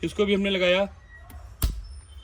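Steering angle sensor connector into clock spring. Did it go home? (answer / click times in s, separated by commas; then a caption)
yes / 1.6 s. Someone talks, then the plastic connector of the steering angle sensor is pushed into the clock spring of a Brezza, giving a sharp click at 1.6 s as it locks into place. The connector is seated.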